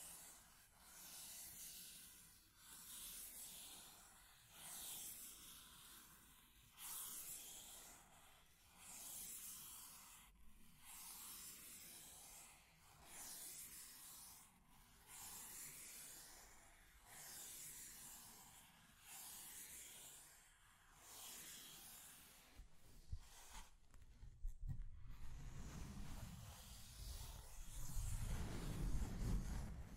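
Scratching and tracing on a surface, heard as rhythmic rasping strokes that repeat about every one and a half seconds for the first twenty seconds. After that the strokes blur into a steadier, louder scraping, with a low rumble building toward the end.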